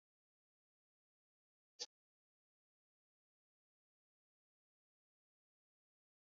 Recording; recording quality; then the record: shallow breathing; moderate, slight background noise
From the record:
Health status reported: COVID-19 positive, mild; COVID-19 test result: positive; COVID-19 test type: RT-PCR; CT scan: not taken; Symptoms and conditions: cough, breathing difficulty, fatigue, diabetes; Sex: male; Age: 55 years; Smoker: no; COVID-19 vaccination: both doses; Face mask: worn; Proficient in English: yes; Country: India